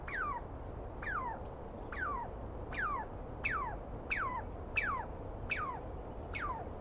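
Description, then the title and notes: Douglas squirrel calling: nine harsh, falling whistled cries at steady intervals of under a second, a brief high trill at the start. Douglas pine squirrel, identified by sound, screaming at length at dawn on the morning of 21 April 2017 in the East Cascades. "On the morning of 21 April, 2017, I set up my microphones and recorder for a nice dawn recording in the East Cascades. I was started awake by a screaming Douglas Pine Squirrel."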